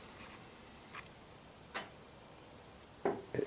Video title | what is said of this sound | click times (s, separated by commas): Doug Hoyle's Bikes & Trikes part 4 | I heard it click. | 3.1 s